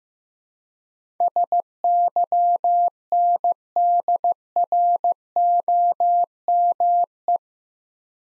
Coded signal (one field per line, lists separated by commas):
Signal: Morse code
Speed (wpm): 15 wpm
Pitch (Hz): 700 Hz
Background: none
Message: SYNDROME